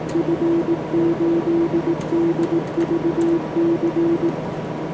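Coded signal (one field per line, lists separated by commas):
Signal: Morse code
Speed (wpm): 18 wpm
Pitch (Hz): 340 Hz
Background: none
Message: F8DVC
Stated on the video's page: Simulated contest Morse from the Morse Runner practice program, used for speed practice.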